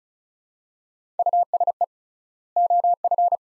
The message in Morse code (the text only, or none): USE OF